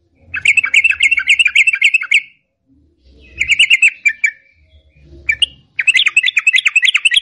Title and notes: Masteran Trucukan Ropel Panjang. Kicau Burung Trucukan